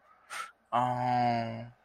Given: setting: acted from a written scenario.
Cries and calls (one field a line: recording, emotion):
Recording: vocal sound without words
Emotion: sympathy